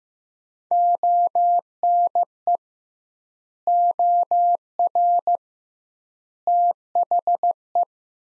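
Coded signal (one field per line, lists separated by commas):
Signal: Morse code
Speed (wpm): 15 wpm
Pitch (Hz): 700 Hz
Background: none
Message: ONE OR THE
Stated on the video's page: Sentences built from the top 400 words, sent at 15 wpm with double word spacing; a head-copy practice drill similar to the Farnsworth method.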